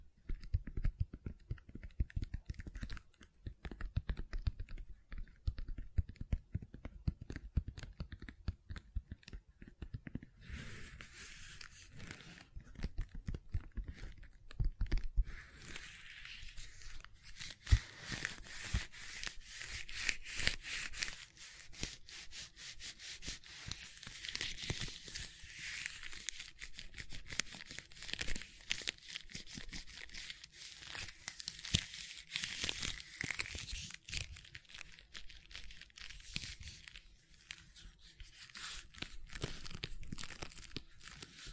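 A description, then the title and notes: Gentle handling of silicone, with soft squishing, rubbing and crinkly peeling sounds. Dense, quick little clicks and scrapes run throughout; after about ten seconds the sound turns brighter and hissier, with a thicker wash of fine crackling that continues to the end. ASMR Gentle Silicon Sounds for Sleep (No Talking).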